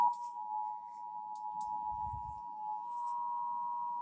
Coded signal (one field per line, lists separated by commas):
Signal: Emergency Alert System (SAME) tones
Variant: 853 and 960 Hz attention tone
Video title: Severe Thunderstorm Warning EAS#143